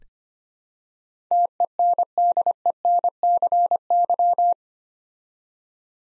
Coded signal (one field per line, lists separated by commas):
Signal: Morse code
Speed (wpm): 25 wpm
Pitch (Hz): 700 Hz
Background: none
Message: TENDENCY